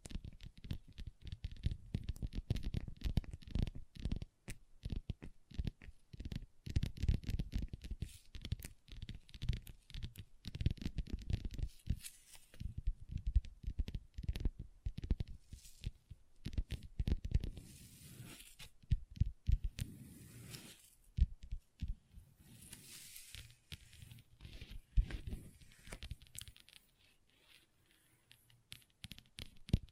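Long nails tap and scratch a table in dense, uneven bursts of dull knocks, with brighter scraping swells around the middle and later.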